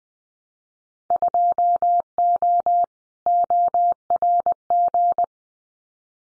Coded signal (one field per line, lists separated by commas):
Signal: Morse code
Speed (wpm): 20 wpm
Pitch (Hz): 700 Hz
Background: none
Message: 2O ORG